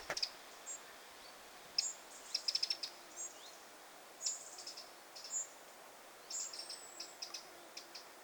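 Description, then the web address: Eurasian wren calls: a busy series of thin, very high chirps and short buzzy trills, given irregularly throughout against faint background hiss. Wren brood: a parent and at least five young, recorded 9 August 2026. "9 8 2026 peukaloinen pesue emo ja ainakin viisi poikasta"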